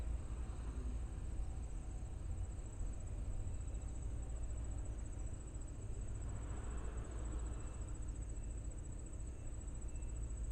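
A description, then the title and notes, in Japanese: A ground cricket trills without pause, a thin, very high, finely pulsed ringing that stays level for the whole eleven seconds. Underneath runs a heavy, steady low rumble like traffic or machinery, with a faint swell of softer noise around the middle. JR羽越本線 羽前大山駅にて。カワラスズは本来のすみかは名前の通り河原ですが、鉄道路線の敷石にも広く生息しています。ZOOM F6, Sennheiser MKH8020。鶴岡市 ホームでマイク。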